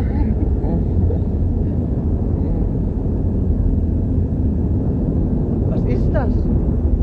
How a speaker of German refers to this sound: Das? Ich weiß nicht. Der Motor.